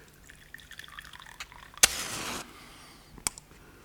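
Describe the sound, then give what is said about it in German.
A sharp clink, then a short splashing pour of water into a glass lasting about half a second, followed later by a single light glassy tap over quiet background hiss. “Nur einen Schluck Wasser.”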